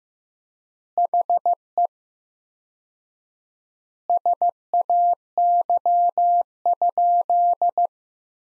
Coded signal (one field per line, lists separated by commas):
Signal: Morse code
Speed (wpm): 15 wpm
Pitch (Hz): 700 Hz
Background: none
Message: HE SAY?